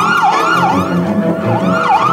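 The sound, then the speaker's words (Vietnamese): An ambulance siren wails loudly, its pitch sweeping up and down in steady repeating cycles about every 0.4 seconds, with a low engine rumble underneath and no voices. “Một tháng sau, khi anh Bành đang trong phòng trực ban lái xe thì một hồi còi hú lên thê thảm của xe cấp cứu làm anh bừng tỉnh.”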